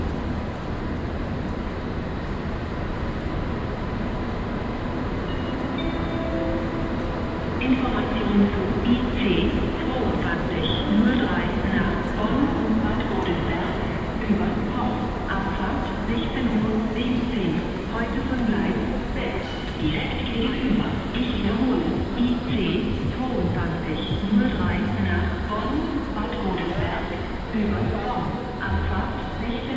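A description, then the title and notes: Crowd chatter and overlapping voices fill a platform at Cologne Central Station, with a low, steady rumble of trains beneath. The murmur stays dense throughout, growing busier after about eight seconds, with scattered clinks and brief brighter sounds surfacing now and then. General atmosphere at a platform at Cologne Central Station.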